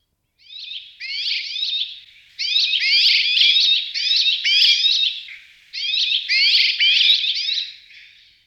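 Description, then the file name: Rock sparrow calls: three bursts of harsh, chirping notes, rapidly repeated and overlapping, with short pauses between. "Vrabec skalni Petronia petronia"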